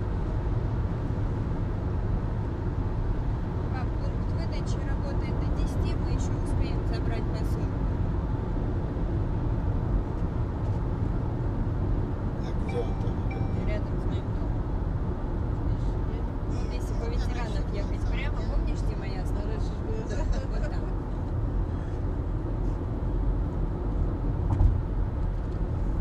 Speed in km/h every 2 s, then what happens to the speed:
119, 117, 116, 114, 113, 111, 109, 108, 106, 104, 100, 98, 96.
0-26 slows to 96.